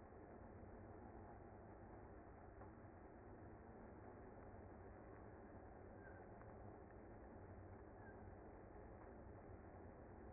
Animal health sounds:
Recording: honeybee colony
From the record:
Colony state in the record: active

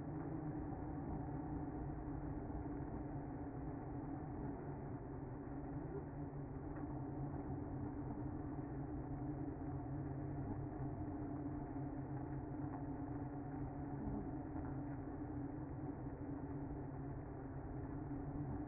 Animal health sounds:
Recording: honeybee colony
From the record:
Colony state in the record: active

